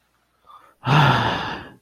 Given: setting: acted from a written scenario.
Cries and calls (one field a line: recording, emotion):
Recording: vocal sound without words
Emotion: guilt